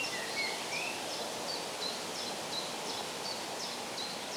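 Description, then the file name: Bird chirps: a rapid series of short, high, downslurred notes throughout, with a couple of lower rising whistles early on, over a constant hiss. Birds chirping in the shade. "ASMR Bird Sounds - Birds Chirping in the Shade"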